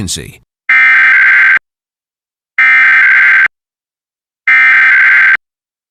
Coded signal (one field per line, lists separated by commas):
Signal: Emergency Alert System (SAME) tones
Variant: header bursts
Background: speech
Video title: PBS North Carolina's Required Weekly EAS Test on WUNG-TV | EAS #236 (2/10/2024)